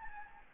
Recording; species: mosquito wingbeat signal from an infrared sensor; Anopheles gambiae